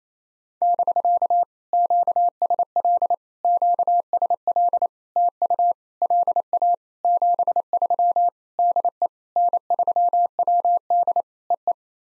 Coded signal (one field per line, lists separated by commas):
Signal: Morse code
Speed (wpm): 28 wpm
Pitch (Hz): 700 Hz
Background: none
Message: <BK> QSL QSL TU LA 73 DE N3WD EE